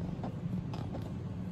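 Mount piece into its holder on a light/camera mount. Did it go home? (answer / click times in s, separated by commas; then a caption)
no / none. A mount piece is being tightened and pushed into its holder on a light/camera mount, with short rattling mechanical scrapes and creaks over a steady low hum. The piece does not lock in, and nothing has seated or clicked yet.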